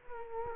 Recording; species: mosquito wingbeat signal from an infrared sensor; Culex quinquefasciatus